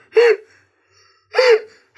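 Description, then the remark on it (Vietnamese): A voice imitates sobbing: sharp, breathy gasping sobs with a wavering cry in each, two of them about a second apart and a third just starting as it ends. “Đó là nghe tiếng nứt nứt như vậy đó trời ơi.”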